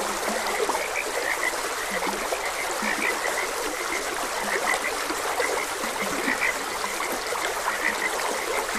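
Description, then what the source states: Frogs croaking, deep short grunts and higher chirps repeating irregularly, with a stream flowing constantly behind them. Frogs croaking beside a gentle stream.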